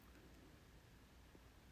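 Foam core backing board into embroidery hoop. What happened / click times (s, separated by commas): The foam backing board was only handled, not pressed into place / none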